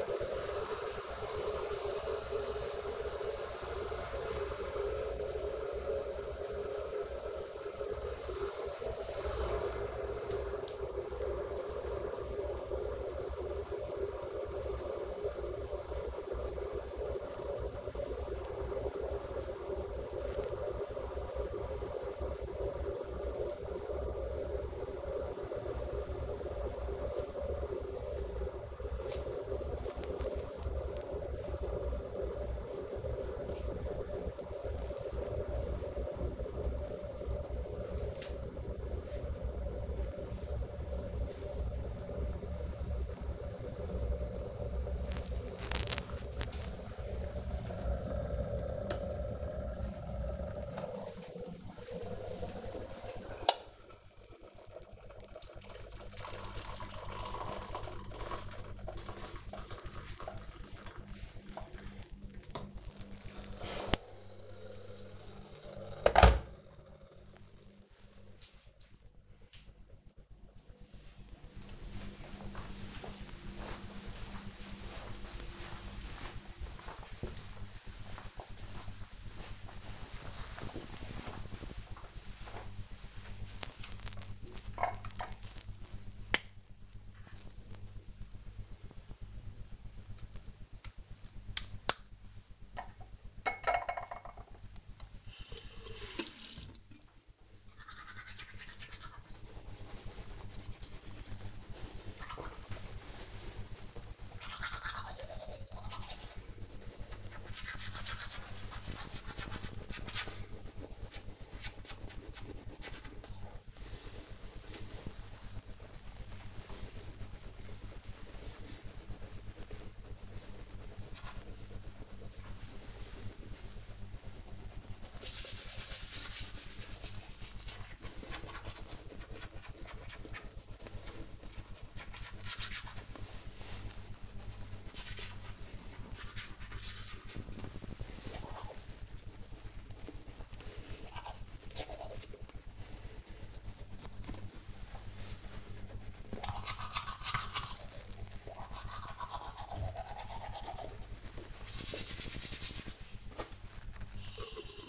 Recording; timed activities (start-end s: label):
household activities, microphone on the right wrist
0.00-66.05 s: making tea
82.18-154.89 s: brushing teeth